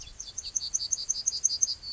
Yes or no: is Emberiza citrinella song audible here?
yes